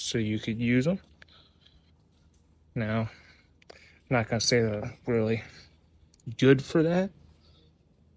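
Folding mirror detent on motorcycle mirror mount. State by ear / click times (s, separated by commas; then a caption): not seated / none. An aftermarket folding motorcycle mirror is handled on its mirror mount while someone talks, with a few faint sharp ticks between phrases. Nothing has seated or clicked into the detent yet.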